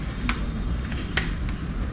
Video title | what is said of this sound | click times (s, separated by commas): AIRSOFT TALK... BEGINNER'S TIP??? MUST WATCH... | naka-lock na siya ayan na yyung magnifier natin So | 0.3 s, 1.2 s